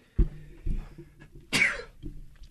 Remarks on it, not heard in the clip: I just sneezed. I could feel it coming on. Like, as soon as you pointed to me, I was like, I have to sneeze. You can't control that.